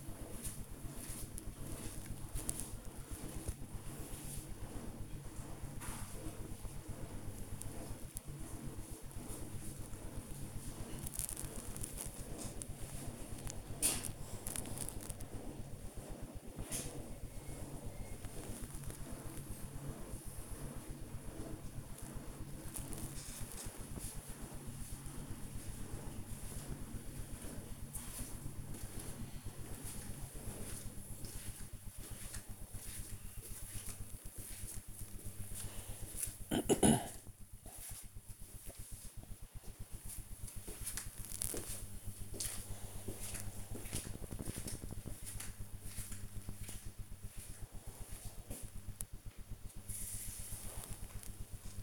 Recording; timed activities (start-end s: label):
household activities, microphone on the right wrist
0.00-51.83 s: working on the computer